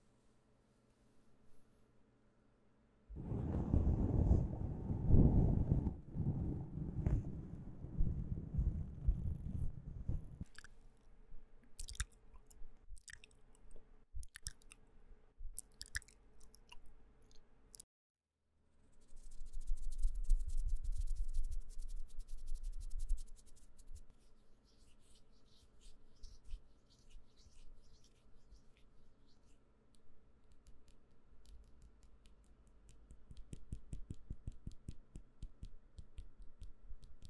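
Hands rub and brush, with a dense low rustling burst from about 3 to 10 seconds and another from 19 to 24 seconds. Between them come sparse crisp clicks and soft mouth sounds like chewing, with a steady faint hum underneath throughout.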